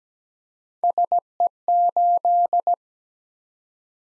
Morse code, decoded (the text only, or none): SE8